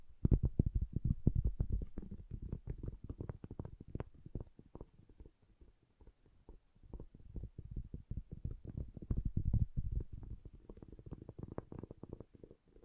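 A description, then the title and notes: Wooden tapping and knocking comes in fast, dense clusters of low, hollow clicks. The taps thin out and soften around the middle, from about four to seven seconds, then build back up into busy bursts through the rest of the recording. ASMR Calming Wood Triggers for Sleep (No Talking).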